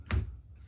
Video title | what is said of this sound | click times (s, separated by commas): TSPROF - (Kadet Pro) Full Review and Sharpening Tutorial! | put it right there on the base and then it locks it in | 0.1 s